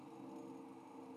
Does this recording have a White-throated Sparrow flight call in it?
no